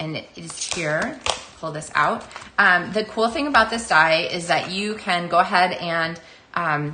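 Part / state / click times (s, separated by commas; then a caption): metal cutting die into plastic embossing folder / not seated / none. A thin metal cutting die is handled near a plastic hybrid embossing folder, to be flipped into its recess, while someone talks throughout. Nothing has seated or clicked into place yet.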